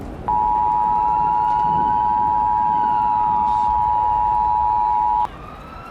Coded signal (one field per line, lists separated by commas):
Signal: Emergency Alert System (SAME) tones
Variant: 853 and 960 Hz attention tone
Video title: EAS Scenario: Yukina Part 1